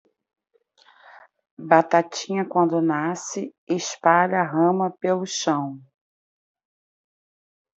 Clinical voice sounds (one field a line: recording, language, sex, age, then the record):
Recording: short text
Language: Brazilian Portuguese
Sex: female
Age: 40 to 49 years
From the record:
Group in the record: control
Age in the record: 49 years